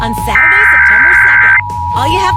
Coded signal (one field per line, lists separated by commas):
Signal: Emergency Alert System (SAME) tones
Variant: header bursts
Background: speech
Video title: Pacific IPAWS Required Weekly Test (EAS #742-745) 8/13/23